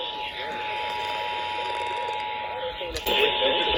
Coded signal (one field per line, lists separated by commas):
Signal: Emergency Alert System (SAME) tones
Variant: 853 and 960 Hz attention tone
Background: speech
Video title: Now Playing: EAS Test - July 2020 Texas Required Monthly Test (EAS# 138-146)